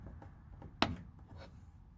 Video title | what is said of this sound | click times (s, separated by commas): 2014 GMC Sierra rear marker bulb replacement | you go don't know if you heard the lock but you'll hear it like click in | 0.8 s